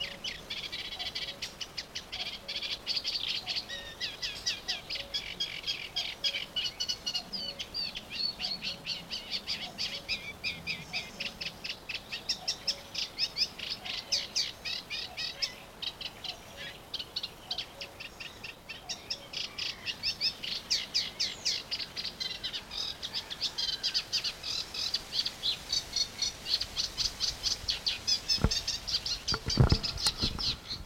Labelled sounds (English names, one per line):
Eurasian Reed Warbler